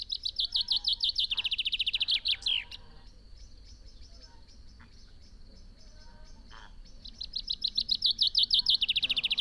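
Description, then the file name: Common chaffinch song: a rapid run of high notes descending into a flourished ending, followed later by a second run that is cut off at the end. "Fringilla coelebs"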